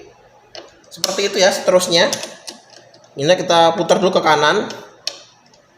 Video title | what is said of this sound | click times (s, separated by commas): Cara Pemasangan dan Setting Material Pada Mesin Bubut | Oke, sudah terkunci, putar. | 5.1 s